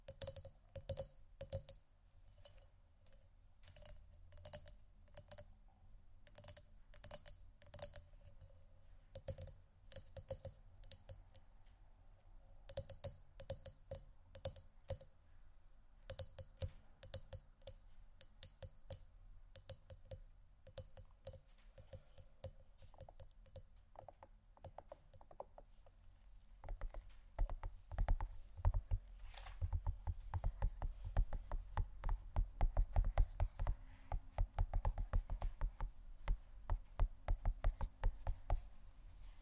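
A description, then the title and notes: Gentle tapping on assorted objects, with quick light taps coming in clusters and short pauses between. For the first twenty-five seconds some taps leave a faint glassy ring. After that the tapping turns louder, denser and duller, with a thumpier low edge. ASMR Gentle Tapping Assortment (No Talking).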